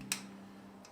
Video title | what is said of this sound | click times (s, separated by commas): ThunderMax ECU and S&S Exhaust Install - Part 2 | it clicks, just like that. | 0.1 s